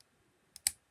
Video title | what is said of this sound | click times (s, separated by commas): How to use prym pliers for anorak poppers | the nice thing about this is that you pop it on top and you can hear a click when it clicks into place so | 0.7 s